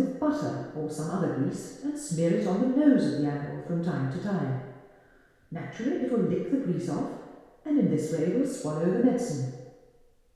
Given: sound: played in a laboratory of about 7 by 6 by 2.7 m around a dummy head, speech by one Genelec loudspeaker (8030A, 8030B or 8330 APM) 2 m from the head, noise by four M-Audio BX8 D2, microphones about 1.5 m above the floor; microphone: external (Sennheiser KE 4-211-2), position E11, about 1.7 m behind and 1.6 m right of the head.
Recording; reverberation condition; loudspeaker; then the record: female speech in English; high; 150 degrees to the right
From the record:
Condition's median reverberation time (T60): about 1300 ms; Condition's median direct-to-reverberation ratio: about -4.0 dB